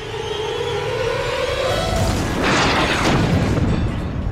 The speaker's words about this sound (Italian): All'improvviso sento un'esplosione provenire dalla sommità del bunker. Non ero sicuro cosa fosse, ma vedevo gli sguardi nervosi dei miei compagni. Ho sentito qualcuno dire che sembrava l'esplosione di una granata a propulsione.